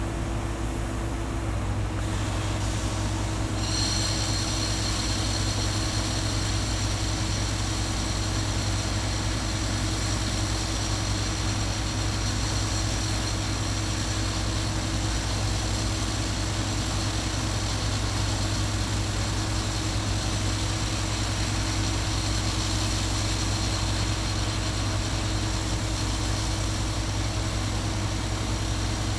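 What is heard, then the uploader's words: A distant cement cutter drones steadily and loudly for the whole stretch, its motor holding a low, even hum with a buzzing midrange tone. Around four seconds in, a thin high whine joins and stays on, with no breaks or pauses. Distant Cement Cutter.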